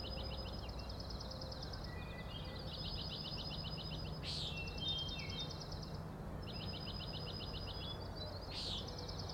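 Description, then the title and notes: Common nighthawk: repeated fast high rattles nearly continuous, interrupted by two loud buzzy peent notes, over a faint low drone. Three birds flying in very close formation, rattling and peenting, 4am, June 16 2017, Overlook on Schoodic Head, Acadia National Park, Winter Harbor, Maine; passed remarkably close to the recordist. "Common Nighthawks, Schoodic Head 061617 4am. 3 common nighthawks making peenting calls and wings booms but also a rattling noise at the Overlook (410 ft) on Schoodic Head (435 feet) Schoodic division Acadia National Park Winter Harbor, ME"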